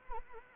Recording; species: mosquito wingbeat signal from an infrared sensor; Anopheles arabiensis